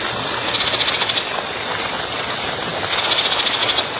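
Grasshoppers: a dense, continuous high rasping buzz with fast pulses.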